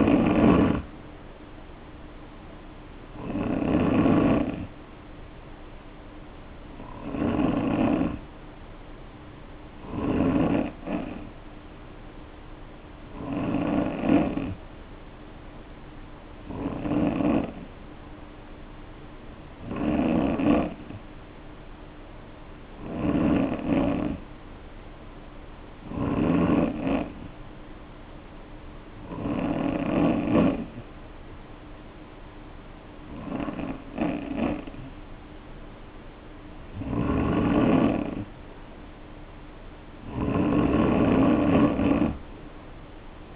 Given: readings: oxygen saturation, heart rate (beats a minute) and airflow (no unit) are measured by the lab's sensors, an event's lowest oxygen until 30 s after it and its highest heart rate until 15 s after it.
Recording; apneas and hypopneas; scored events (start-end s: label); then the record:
breathing in sleep by a voice recorder at the bedside; 1
19.00-43.36 s: new sleep stage, N2 (light sleep)
28.00-39.10 s: hypopnea (N2, oxygen 93% highest, then 91% lowest, heart rate 55 at the start, 60 highest)
From the record:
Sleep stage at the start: N3 (deep sleep); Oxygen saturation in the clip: 90 to 93%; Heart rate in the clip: 53 to 60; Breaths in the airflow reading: 13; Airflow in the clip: -3.3 to 2.4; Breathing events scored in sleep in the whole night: 520 in 7.2 hours asleep